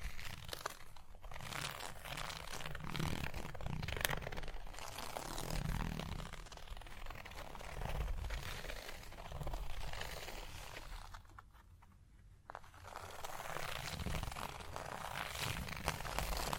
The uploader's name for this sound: Hypnotic Surface Tapping, Scratching, Tracing Sounds